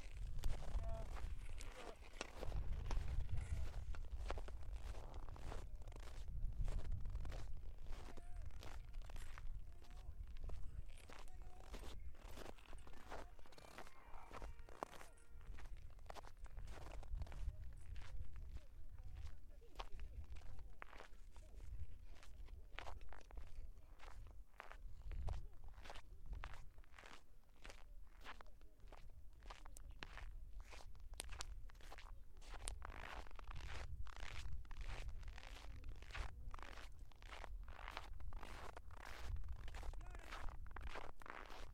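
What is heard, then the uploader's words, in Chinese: Hard-soled shoes crunch over snow in a steady series of footsteps that runs the whole time, each step a short, bright, gritty crunch. The pace is regular and fairly quick, with heavier low thuds near the start and a quiet outdoor background. 在某个暴雪的夜晚，路上车辆不多行人稀疏，我在街上走着，硬底的鞋踩在雪上发出各种声音。台阶、冰面、大理石、柏油路、水泥路以及木栈道作为承载；硬底鞋作为敲打；厚雪、薄雪、被行人脚底压实的雪、被铲雪机滚成条状的雪作为连接。哈尔滨。雪的声音。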